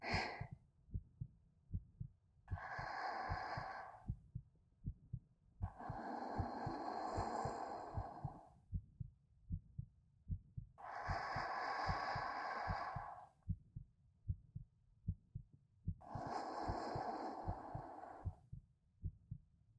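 Steady, rapid, soft low thumps of an older sister's pounding heartbeat, heard close up, run throughout, with four slow, breathy inhale-exhale sounds over them. The heart will not stop pounding.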